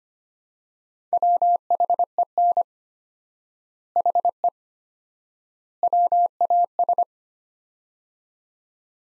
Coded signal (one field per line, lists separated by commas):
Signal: Morse code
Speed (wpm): 25 wpm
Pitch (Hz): 700 Hz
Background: none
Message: WHEN HE WAS